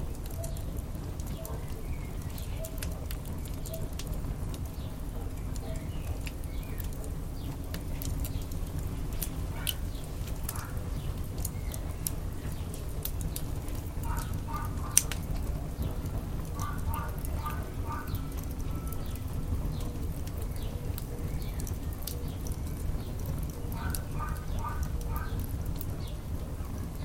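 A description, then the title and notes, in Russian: A campfire burns with a steady low roar, scattered with sharp crackles and pops that come irregularly throughout, one louder snap near the fifteen-second mark. Brief bird-like chirps in short clusters appear around ten, seventeen and twenty-four seconds. Горения костра на бинауральном микрофоне.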